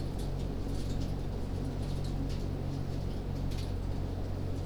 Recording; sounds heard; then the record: poultry house recording; no chicken sound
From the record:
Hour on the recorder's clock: 21